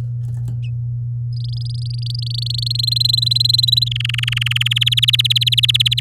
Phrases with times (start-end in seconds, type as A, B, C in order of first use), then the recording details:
1.33-2.77 A, 2.79-3.88 B, 3.91-4.73 C, 4.76-6.00 D. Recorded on 8 May 2018 at 10:46. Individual llb16